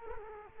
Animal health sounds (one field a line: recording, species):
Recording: mosquito wingbeat signal from an infrared sensor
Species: Culex quinquefasciatus